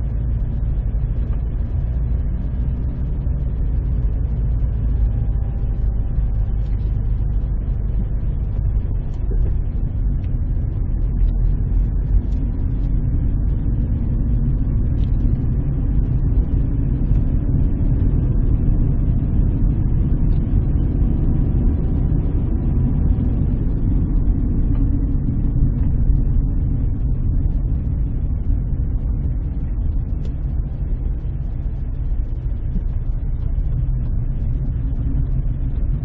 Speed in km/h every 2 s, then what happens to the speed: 14, 15, 14, 13, 19, 22, 26, 29, 32, 34, 35, 31, 23, 18, 14, 11, 14, 5.
0-6 steady at about 14. 6-21 speeds up to 35. 21-29 slows to 11. 32-36 slows to 5.